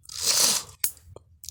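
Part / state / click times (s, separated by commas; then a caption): RJ45 plug crimped onto Cat 6 cable / seated / 0.8 s. An RJ45 plug fitted to a Cat 6 cable is pressed down by hand, without a crimping tool, to seat the contacts and strain relief. A bright, hissy crunch fills the first 0.7 seconds, then a sharp click at 0.8 s is followed by faint ticks near 1.2 s and 1.5 s. The plug's pins are pressed home and seated.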